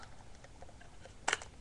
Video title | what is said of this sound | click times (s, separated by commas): Angry Birds for iphone 4 case | okay snaps right into place we'll do that again | 1.3 s